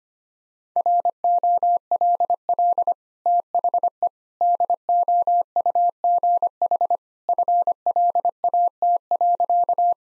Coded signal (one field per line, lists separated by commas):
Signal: Morse code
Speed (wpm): 25 wpm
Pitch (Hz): 700 Hz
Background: none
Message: ROLL THE DOUGH FLAT.